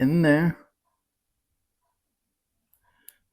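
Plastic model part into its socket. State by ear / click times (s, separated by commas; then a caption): seated / 2.7 s, 3.1 s. Someone talks briefly while a plastic model kit part is put into its socket and pressed until it snaps. After a quiet pause, two short clicks come at 2.7 s and 3.1 s, the second one sharper and louder, as the part seats in place.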